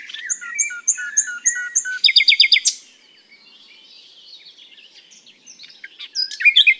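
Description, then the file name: Common nightingale song: a row of clear whistled notes, then a loud rapid pulsed rattle, a quieter warbling passage, and sharp notes returning at the end. "Luscinia megarhynchos"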